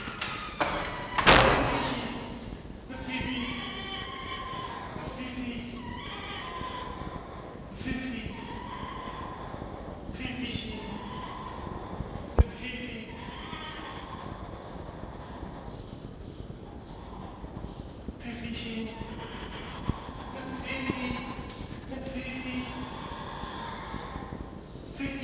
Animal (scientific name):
Vulpes vulpes